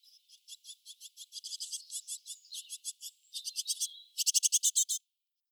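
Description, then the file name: Great tit call: a rapid series of dry, buzzy chattering notes, growing louder into a final dense burst. "Parus major"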